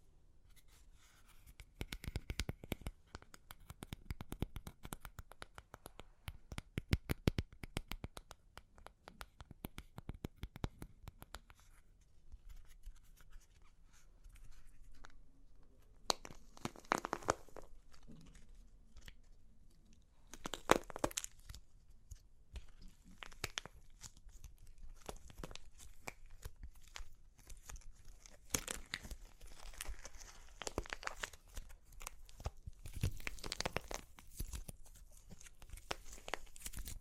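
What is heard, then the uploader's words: Crunchy clay is being cracked and crumbled in dense bursts of dry, crackling snaps that run through most of the clip. The crackles are thickest in the first ten seconds, then come in sharper separate breaks around 17, 21, 29 and 33 seconds. Super Crunchy Clay Cracking (No Talking).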